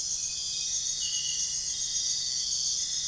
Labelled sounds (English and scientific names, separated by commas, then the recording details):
none
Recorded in pastures near Puerto Asís, Putumayo, Colombia, on 23 June 2025 at 04:00
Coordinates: 0.466, -76.322
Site GP07